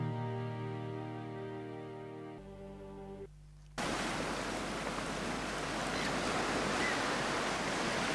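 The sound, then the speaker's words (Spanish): A sustained tonal drone fades out, then a steady, loud rush of ocean surf takes over, washing continuously with a soft, breathy wind woven through it. “Se oye el mar. Se oye el mar, el susurro del viento.”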